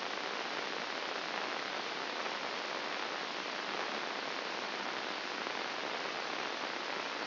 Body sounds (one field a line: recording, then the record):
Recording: brain microelectrode recording played as sound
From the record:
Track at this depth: inside the subthalamic nucleus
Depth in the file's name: 2.704 mm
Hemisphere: left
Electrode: 2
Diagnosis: Parkinson's disease